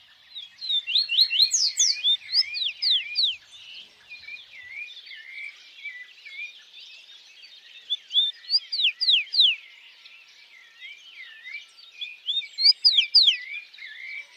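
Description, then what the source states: Bird chorus of wavering whistles and steep sweeping notes, coming in three louder bursts separated by quieter, continuous twittering. At dawn.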